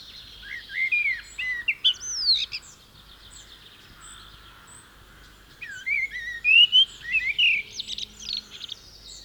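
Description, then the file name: Common blackbird singing two melodious whistled phrases, rising and falling, each closed by a high, scratchy twitter. "Common Blackbird (Turdus merula)"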